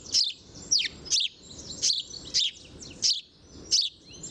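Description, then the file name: House sparrow chirping, sharp slightly descending chirps repeated about every half second, with faint twittering behind. "Passer domesticus"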